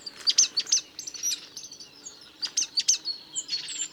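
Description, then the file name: Great tit calls: sharp high chips and short buzzy notes in irregular bursts, with softer thin notes in between and quiet low background hum. "Parus major"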